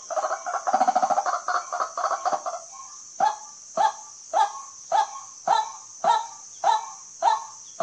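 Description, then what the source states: White-breasted waterhen, a rapid burst of jumbled croaking chatter that settles into slower, evenly repeated single croaks, with a steady high-pitched whine throughout. Call used as a lure for hunting at night.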